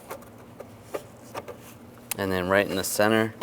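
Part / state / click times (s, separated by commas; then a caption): side mirror glass onto mirror motor mount / not seated / none. A replacement side mirror glass with its plastic backing is held and lined up against the mirror motor mount of a 2002-2009 Chevy Trailblazer before being pushed on. Only small handling taps are heard, and someone talks. Nothing has seated or clicked yet.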